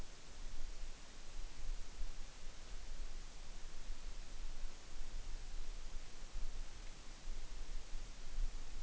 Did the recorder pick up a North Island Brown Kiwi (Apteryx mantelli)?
no